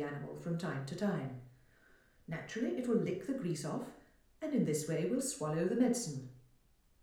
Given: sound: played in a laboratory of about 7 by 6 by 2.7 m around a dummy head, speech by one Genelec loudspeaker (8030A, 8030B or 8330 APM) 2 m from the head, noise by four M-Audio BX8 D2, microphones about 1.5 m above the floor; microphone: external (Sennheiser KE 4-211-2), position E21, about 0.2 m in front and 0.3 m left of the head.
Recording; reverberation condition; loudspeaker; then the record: female speech in English; medium; 60 degrees to the right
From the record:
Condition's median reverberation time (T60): about 510 ms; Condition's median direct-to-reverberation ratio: about -0.5 dB